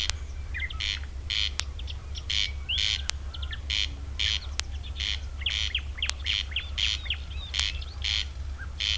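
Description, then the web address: Corn crake rasping its two-part crex-crex again and again at a brisk pace, with scattered chirps of other birds and a low droning background. Recorded 3 June 2016. "fagelljud 20160603 kornknarr"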